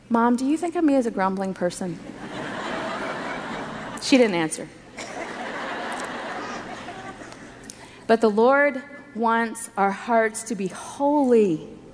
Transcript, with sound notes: Mom, do you think of me as a grumbling person? She didn’t answer. (laughter) But the Lord wants our hearts to be holy.